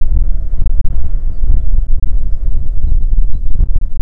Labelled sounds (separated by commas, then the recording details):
songbird, wind
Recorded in the Prudhoe Bay oil fields, Alaska, on 6 June 2019 at 04:16
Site 16